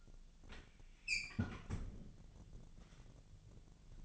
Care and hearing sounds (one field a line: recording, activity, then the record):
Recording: daily activity, microphone in the room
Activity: close fridge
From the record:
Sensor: 4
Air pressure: 1000.9 hPa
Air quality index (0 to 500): 128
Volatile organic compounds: 1 ppm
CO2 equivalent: 953 ppm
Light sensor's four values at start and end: 29/71/30/32 and 31/76/32/34